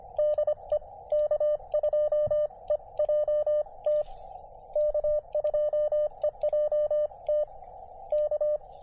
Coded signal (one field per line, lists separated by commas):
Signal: Morse code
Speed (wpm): 25 wpm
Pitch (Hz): 600 Hz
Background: none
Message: DE K2EJT K2EJT K